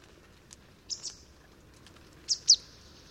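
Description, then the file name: Marsh tit giving two quick pairs of short, high, thin notes, the last one dropping sharply in pitch, with soft background noise between. "Poecile palustris"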